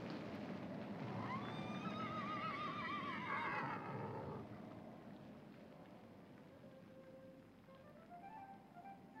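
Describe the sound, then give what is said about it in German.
A horse in a string of horses being driven along the road lets out a loud, wavering whinny over a dense, noisy clatter of hooves, then the commotion eases and fainter, drawn-out neighs follow. “Meinem Gewerbe folgend mit einer Koppel Pferde des Weges ziehen und...”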